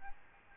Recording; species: mosquito wingbeat signal from an infrared sensor; Aedes albopictus